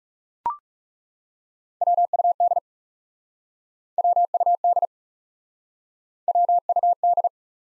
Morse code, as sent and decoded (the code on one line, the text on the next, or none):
.-- ..- -.. / .-- ..- -.. / .-- ..- -..
WUD WUD WUD